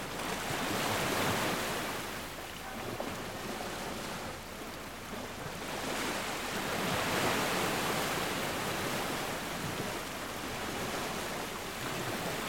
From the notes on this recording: This melody mixed with calming ocean waves